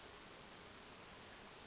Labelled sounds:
Western Flycatcher (Empidonax difficilis)
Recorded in Sonoma County, California

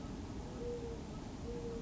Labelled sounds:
Mourning Dove (Zenaida macroura)
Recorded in Sonoma County, California

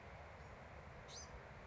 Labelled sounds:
Bewick's Wren (Thryomanes bewickii)
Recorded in Sonoma County, California

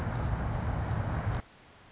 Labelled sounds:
Anna's Hummingbird (Calypte anna)
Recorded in Sonoma County, California

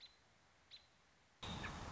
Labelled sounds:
American Robin (Turdus migratorius)
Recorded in Sonoma County, California

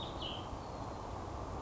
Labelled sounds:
Cassin's Vireo (Vireo cassinii)
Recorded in Sonoma County, California

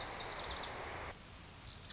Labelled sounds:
Lazuli Bunting (Passerina amoena)
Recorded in Sonoma County, California

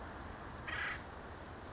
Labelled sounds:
Acorn Woodpecker (Melanerpes formicivorus)
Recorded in Sonoma County, California

